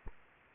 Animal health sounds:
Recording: mosquito wingbeat signal from an infrared sensor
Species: Aedes aegypti

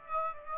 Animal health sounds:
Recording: mosquito wingbeat signal from an infrared sensor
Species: Aedes aegypti

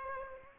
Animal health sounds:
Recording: mosquito wingbeat signal from an infrared sensor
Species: Aedes aegypti

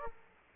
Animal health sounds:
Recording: mosquito wingbeat signal from an infrared sensor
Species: Aedes aegypti

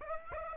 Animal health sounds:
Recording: mosquito wingbeat signal from an infrared sensor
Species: Aedes aegypti

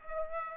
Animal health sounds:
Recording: mosquito wingbeat signal from an infrared sensor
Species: Aedes aegypti

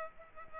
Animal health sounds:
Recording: mosquito wingbeat signal from an infrared sensor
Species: Culex pipiens

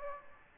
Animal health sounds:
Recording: mosquito wingbeat signal from an infrared sensor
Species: Aedes aegypti

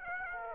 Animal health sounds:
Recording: mosquito wingbeat signal from an infrared sensor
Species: Aedes aegypti

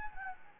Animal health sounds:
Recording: mosquito wingbeat signal from an infrared sensor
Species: Anopheles gambiae

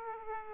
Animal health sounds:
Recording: mosquito wingbeat signal from an infrared sensor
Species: Aedes aegypti

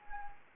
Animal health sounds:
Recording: mosquito wingbeat signal from an infrared sensor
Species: Anopheles gambiae

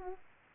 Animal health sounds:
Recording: mosquito wingbeat signal from an infrared sensor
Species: Aedes aegypti

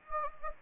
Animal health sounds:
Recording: mosquito wingbeat signal from an infrared sensor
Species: Anopheles gambiae

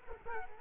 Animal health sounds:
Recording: mosquito wingbeat signal from an infrared sensor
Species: Culex quinquefasciatus

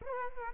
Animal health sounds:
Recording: mosquito wingbeat signal from an infrared sensor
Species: Aedes aegypti

